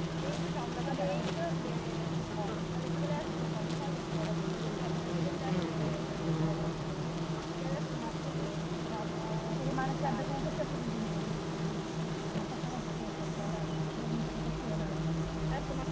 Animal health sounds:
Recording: honeybee colony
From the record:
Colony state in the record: missing queen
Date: 31 May 2018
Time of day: 16:21

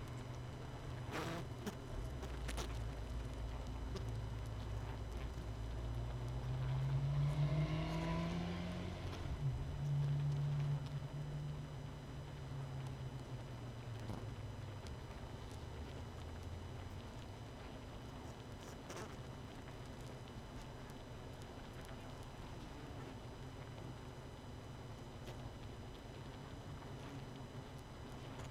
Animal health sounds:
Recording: honeybee colony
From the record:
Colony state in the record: missing queen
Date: 31 May 2018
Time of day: 21:40

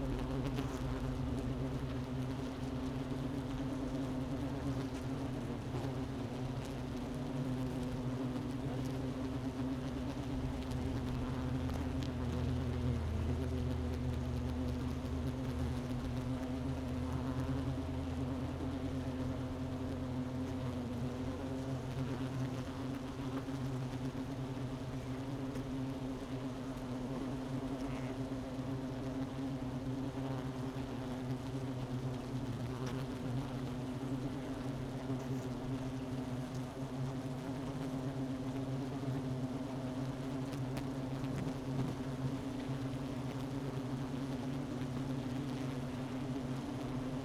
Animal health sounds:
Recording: honeybee colony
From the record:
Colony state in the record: missing queen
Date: 31 May 2018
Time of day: 11:43

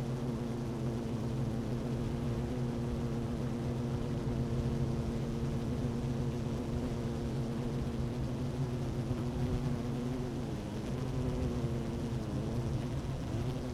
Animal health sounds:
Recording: honeybee colony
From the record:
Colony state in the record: active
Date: 12 June 2018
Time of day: 11:44

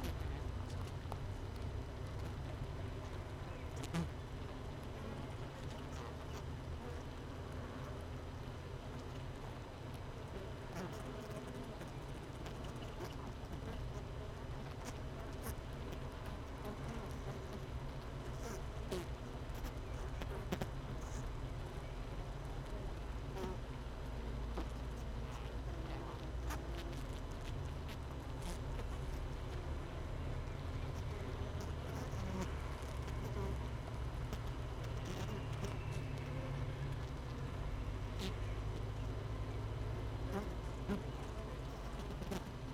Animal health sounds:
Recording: honeybee colony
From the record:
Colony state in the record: missing queen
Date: 31 May 2018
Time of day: 17:19

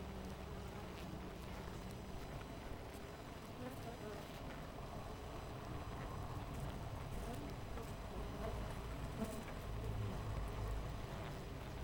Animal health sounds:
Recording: honeybee colony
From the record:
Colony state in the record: missing queen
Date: 14 July 2017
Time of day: 7:09

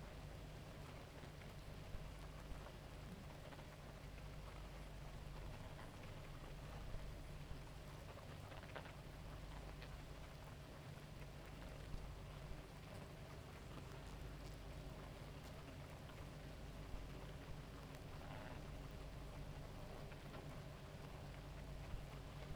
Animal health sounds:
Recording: honeybee colony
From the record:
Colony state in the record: active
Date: 28 July 2017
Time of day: 2:59

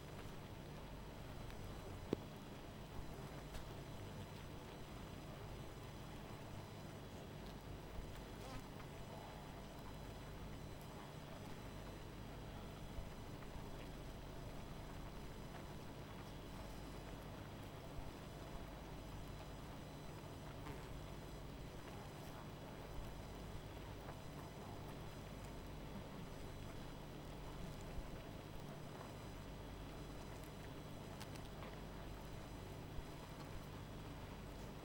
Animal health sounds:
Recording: honeybee colony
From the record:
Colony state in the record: missing queen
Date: 14 July 2017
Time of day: 19:39

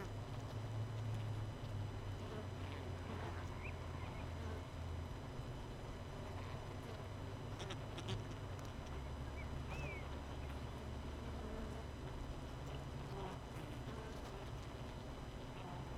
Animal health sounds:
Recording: honeybee colony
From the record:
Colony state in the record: missing queen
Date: 31 May 2018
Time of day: 18:45

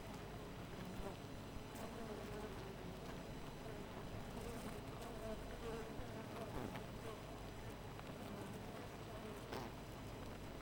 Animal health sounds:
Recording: honeybee colony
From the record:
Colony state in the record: missing queen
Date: 14 July 2017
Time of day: 4:20

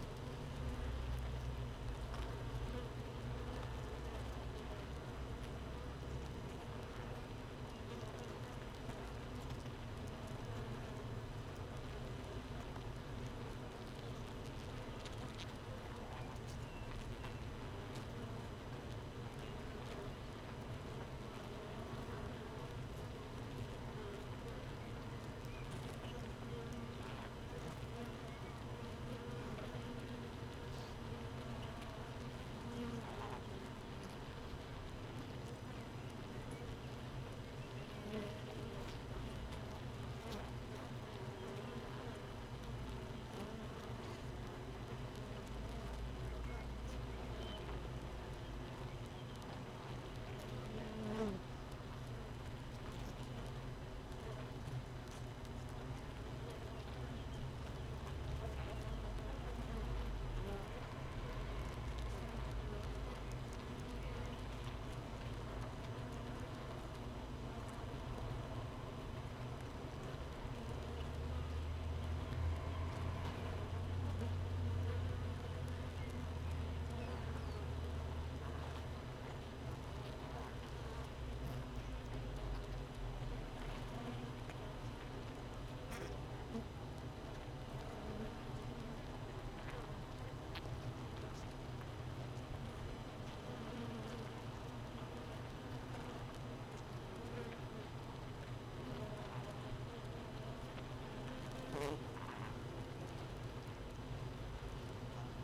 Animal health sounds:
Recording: honeybee colony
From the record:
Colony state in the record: missing queen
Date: 31 May 2018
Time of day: 15:17

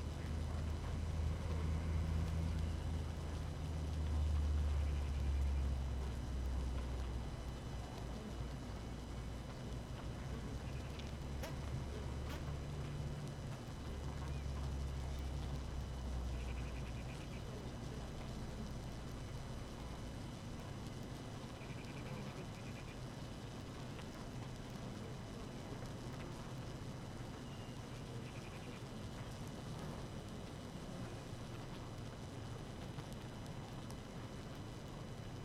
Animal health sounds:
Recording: honeybee colony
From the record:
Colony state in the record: active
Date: 12 June 2018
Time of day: 5:52

